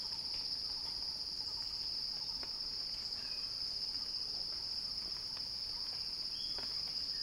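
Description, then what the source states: Cicadas give a steady, high, shrill buzz that holds unbroken throughout, with faint scattered chirps beneath. Recorded by Axel Drioli; described as a cicada crescendo.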